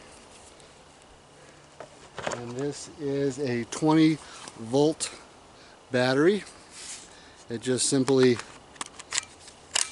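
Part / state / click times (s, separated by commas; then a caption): 20 volt battery pack into mini electric chainsaw handle / seated / 9.2 s, 9.8 s. A 20 V slide-on battery pack is pushed into the handle of a SAKER mini electric chainsaw while someone talks. It latches into place with sharp clicks at 9.2 s and 9.8 s, seated and locked.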